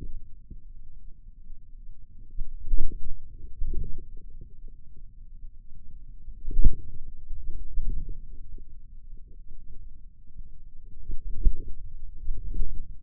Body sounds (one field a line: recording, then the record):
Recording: forearm muscle sounds (acoustic myography)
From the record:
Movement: inward rotation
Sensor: system 2, bracelet of six BSWA MPA416 microphones around the upper forearm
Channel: 2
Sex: male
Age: 22 years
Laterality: right